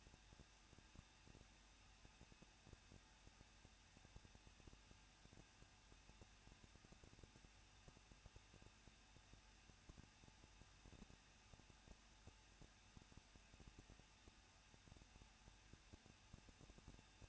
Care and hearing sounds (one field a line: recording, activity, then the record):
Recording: daily activity, microphone in the room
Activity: no activity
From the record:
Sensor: 2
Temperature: 21.0 degrees Celsius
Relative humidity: 37.3%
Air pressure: 1006.3 hPa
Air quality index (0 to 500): 220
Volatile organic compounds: 23 ppm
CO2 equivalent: 2783 ppm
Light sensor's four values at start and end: 2/3/2/2 and 2/3/2/2